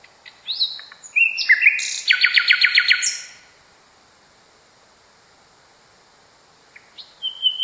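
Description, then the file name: Common nightingale song: a few whistled slurs, then a rapid rattling series of even repeated notes, silence, and a new phrase beginning near the end. Song variation. "kicauan nightingale a variasi. omkicau"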